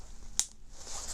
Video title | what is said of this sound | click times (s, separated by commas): Outdoor Research Alti Gloves Review | I'll click that together. That does quite well. | 0.4 s